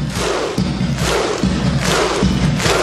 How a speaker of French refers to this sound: Ils étaient vraiment des dizaines de milliers à les attendre. Et ils ont fait ce qu'on appelle un clapping. Donc c'est leur spécialité. Et en fait, c'est tout simplement le fait de taper. Bah, voilà. De taper dans les mains. En rythme.